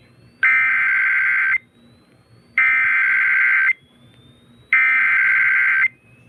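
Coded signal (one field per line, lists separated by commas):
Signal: Emergency Alert System (SAME) tones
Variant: header bursts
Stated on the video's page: Real severe thunderstorm warning received on NOAA weather radio KHB38 and FM station WLRB, recorded during a live stream.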